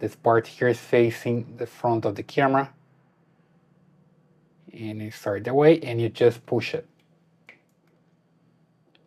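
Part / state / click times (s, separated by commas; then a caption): microSD card into security camera card slot / seated / 7.5 s. A microSD card is pushed into the spring-loaded card slot of a small Wyze Cam security camera until it latches. Someone talks for most of the clip, then after a pause a short sharp click at about 7.5 s marks the card seating in the slot, followed by faint ticks near 7.9 s and 9.0 s.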